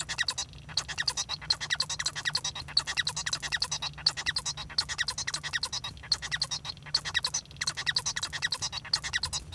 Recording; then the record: song of a male Bengalese finch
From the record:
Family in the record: son of father 1